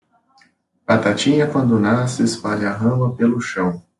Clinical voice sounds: short text; Brazilian Portuguese; male; 20 to 29 years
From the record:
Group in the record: control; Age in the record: 24 years

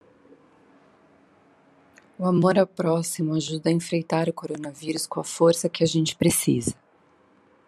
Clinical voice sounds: spoken sentence; Brazilian Portuguese; female; 40 to 49 years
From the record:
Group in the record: control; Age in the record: 46 years

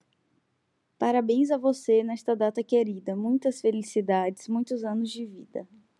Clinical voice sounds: short text; Brazilian Portuguese; female; 20 to 29 years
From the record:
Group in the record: control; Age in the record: 24 years

